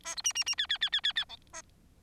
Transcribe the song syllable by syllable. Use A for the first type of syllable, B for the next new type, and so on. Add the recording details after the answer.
A B C C C D D D D D D E A. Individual Bird4